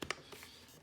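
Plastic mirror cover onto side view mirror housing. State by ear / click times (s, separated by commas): seated / 0.0 s, 0.1 s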